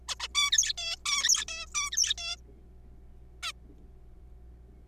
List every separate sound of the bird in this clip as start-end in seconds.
0.09-0.15, 0.20-0.28, 0.35-0.51, 0.52-0.73, 0.78-0.96, 1.06-1.45, 1.48-1.66, 1.75-1.90, 1.92-2.14, 2.18-2.36, 3.43-3.52